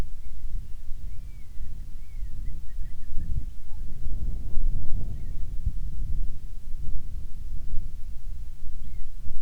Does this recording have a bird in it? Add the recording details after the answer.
yes. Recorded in the Arctic National Wildlife Refuge, Alaska, on 10 July 2019 at 18:49. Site 44